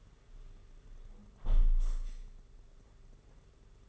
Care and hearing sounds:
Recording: daily activity, microphone in the room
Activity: close window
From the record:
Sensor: 4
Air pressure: 992.1 hPa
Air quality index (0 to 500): 103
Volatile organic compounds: 14 ppm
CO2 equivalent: 2447 ppm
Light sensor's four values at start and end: 23/78/28/30 and 22/77/28/30

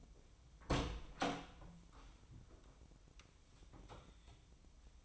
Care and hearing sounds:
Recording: daily activity, microphone in the room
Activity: open door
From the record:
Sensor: 1

